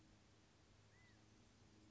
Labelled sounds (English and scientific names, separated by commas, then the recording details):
California Quail (Callipepla californica)
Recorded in Sonoma County, California